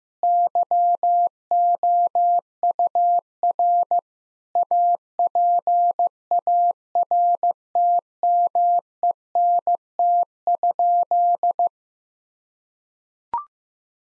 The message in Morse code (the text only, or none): YOUR APARTMENT?